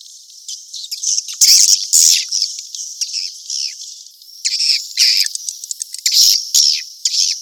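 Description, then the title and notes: Swiftlet chirping, high buzzy calls in irregular bursts. Asia; swiftlet sound used in swiftlet farming to attract birds. "Swiflet Bird Sound. Farming Swiflet Bird asia sound"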